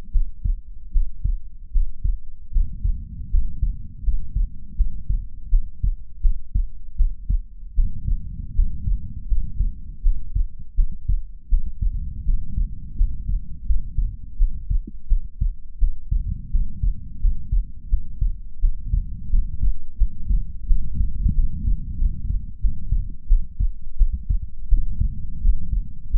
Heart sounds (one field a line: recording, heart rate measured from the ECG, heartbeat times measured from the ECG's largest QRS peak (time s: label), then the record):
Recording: heart sounds by stethoscope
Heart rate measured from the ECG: 83 bpm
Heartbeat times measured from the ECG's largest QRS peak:
0.10 s: heartbeat
0.90 s: heartbeat
1.70 s: heartbeat
2.50 s: heartbeat
3.28 s: heartbeat
4.01 s: heartbeat
4.74 s: heartbeat
5.48 s: heartbeat
6.20 s: heartbeat
6.95 s: heartbeat
7.73 s: heartbeat
8.53 s: heartbeat
9.25 s: heartbeat
10.00 s: heartbeat
10.74 s: heartbeat
11.47 s: heartbeat
12.23 s: heartbeat
12.95 s: heartbeat
13.64 s: heartbeat
14.36 s: heartbeat
15.06 s: heartbeat
15.77 s: heartbeat
16.49 s: heartbeat
17.19 s: heartbeat
17.87 s: heartbeat
18.59 s: heartbeat
19.28 s: heartbeat
19.96 s: heartbeat
20.65 s: heartbeat
21.33 s: heartbeat
21.96 s: heartbeat
22.59 s: heartbeat
23.26 s: heartbeat
23.96 s: heartbeat
24.67 s: heartbeat
25.40 s: heartbeat
26.08 s: heartbeat
From the record:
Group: healthy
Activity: rest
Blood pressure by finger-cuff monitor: 100/63 mmHg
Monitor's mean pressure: 76 mmHg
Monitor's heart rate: 83 bpm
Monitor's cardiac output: 6.5 L/min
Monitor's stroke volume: 79 mL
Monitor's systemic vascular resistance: 830 dyn s/cm5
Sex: female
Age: 26 years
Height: 165 cm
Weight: 55 kg